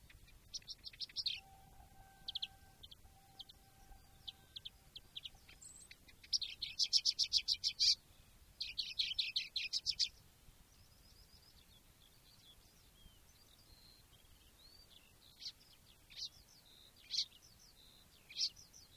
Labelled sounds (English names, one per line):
Marsh Warbler